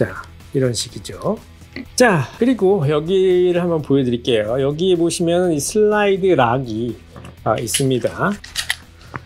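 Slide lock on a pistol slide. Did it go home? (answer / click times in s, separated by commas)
yes / 8.7 s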